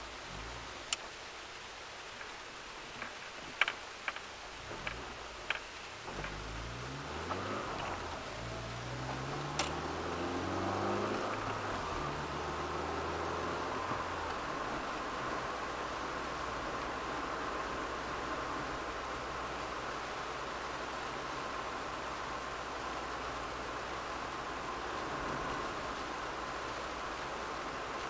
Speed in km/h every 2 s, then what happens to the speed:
6, 4, 7, 19, 32, 42, 49, 49, 49, 48, 48, 47, 48, 48.
4-12 speeds up to 49. 12-28 steady at about 48.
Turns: none.